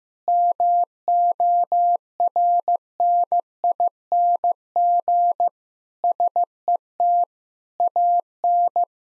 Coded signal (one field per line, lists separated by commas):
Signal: Morse code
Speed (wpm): 15 wpm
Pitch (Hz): 700 Hz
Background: none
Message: MORNING SET AN